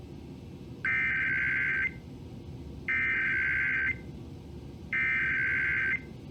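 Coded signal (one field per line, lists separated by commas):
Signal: Emergency Alert System (SAME) tones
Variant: header bursts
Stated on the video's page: National Periodic Test EAS captures from August 2021 on three radio stations and TV; the test was extremely quiet with an audible hum.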